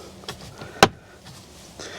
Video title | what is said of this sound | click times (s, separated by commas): 1st Gen Toyota Tundra O/D OFF (Overdrive Off) Light Comes On When Shifting? Common Problem EASY FIX! | You hear that little snap? That's how you know it's all the way together. | 0.8 s